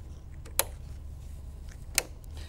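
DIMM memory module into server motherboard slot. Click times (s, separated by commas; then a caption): 0.6 s, 2.0 s. A DDR4 DIMM memory module sitting loose in a slot on a Dell EMC PowerEdge R740xd server motherboard is pressed down until the slot latches close. Two sharp clicks ring out at about 0.6 s and 2.0 s over a low steady hum, with a few faint ticks between them. The module is now fully seated.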